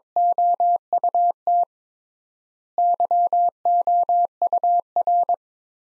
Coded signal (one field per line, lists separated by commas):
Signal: Morse code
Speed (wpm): 22 wpm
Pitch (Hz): 700 Hz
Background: none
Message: OUT YOUR